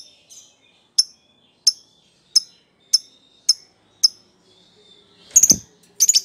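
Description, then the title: Lovebird giving evenly spaced single high chirps, followed by bursts of harsh, chattering shrieks. Prompt recording (pancingan) meant to get a lovebird to respond (nyaut) and sing actively (gacor). "Pancingan Lovebird Agar Nyaut GACOR."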